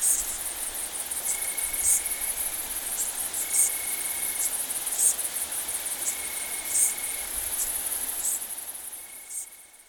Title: Sylvain Jaskowiak. Decticelles, grillons d'Italie, grandes sauterelles vertes - Saignon, Vaucluse - septembre 2000